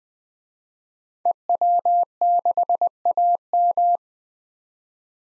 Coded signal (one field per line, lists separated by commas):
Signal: Morse code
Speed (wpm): 20 wpm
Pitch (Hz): 700 Hz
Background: none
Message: EW6AM